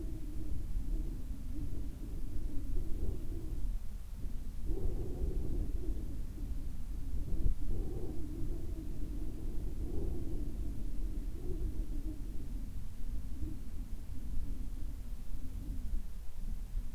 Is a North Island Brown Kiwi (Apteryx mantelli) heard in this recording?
no